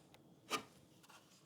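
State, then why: Not seated. A disc drive module is lined up against the side of a PS5 game console before being pushed home, with clipping on this side first. A faint tick at 0.1 s, a louder, brief scraping rub around 0.5–0.6 s, and a softer rub near 1.1 s. Nothing has seated or clicked yet.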